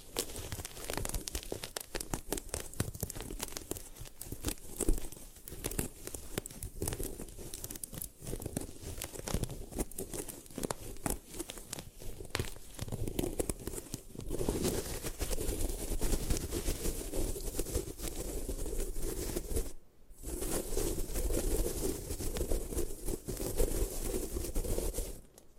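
Gym chalk is crushed and crumbled in a dense run of crackling, crunching noise that barely lets up for 26 seconds. The texture is gritty and papery, with a low rumble beneath, and the sound cuts out briefly near 20 seconds before resuming.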